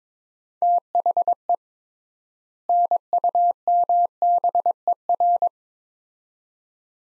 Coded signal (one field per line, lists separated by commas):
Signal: Morse code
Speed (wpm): 22 wpm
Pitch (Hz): 700 Hz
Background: none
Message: THE NUMBER